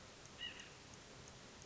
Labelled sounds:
White-breasted Nuthatch
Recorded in Sonoma County, California

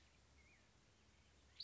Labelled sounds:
Black-headed Grosbeak
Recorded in Sonoma County, California

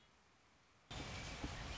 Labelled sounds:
Red-winged Blackbird
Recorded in Sonoma County, California

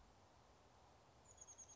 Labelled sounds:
Chestnut-backed Chickadee
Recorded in Sonoma County, California

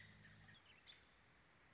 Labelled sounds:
American Robin
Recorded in Sonoma County, California

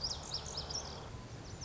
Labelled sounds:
Lazuli Bunting
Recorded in Sonoma County, California

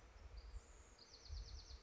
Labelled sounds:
Bewick's Wren
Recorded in Sonoma County, California

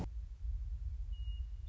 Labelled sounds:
Western Meadowlark
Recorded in Sonoma County, California

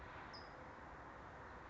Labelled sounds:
California Towhee
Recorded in Sonoma County, California

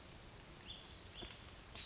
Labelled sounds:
Western Flycatcher
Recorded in Sonoma County, California

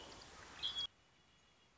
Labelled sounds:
Red-winged Blackbird
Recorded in Sonoma County, California

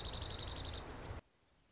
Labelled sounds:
Dark-eyed Junco
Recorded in Sonoma County, California

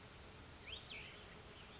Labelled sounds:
Cassin's Vireo
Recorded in Sonoma County, California

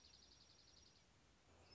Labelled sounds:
Dark-eyed Junco
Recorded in Sonoma County, California

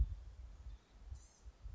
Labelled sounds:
Blue-gray Gnatcatcher
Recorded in Sonoma County, California

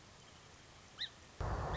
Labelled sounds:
Song Sparrow
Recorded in Sonoma County, California

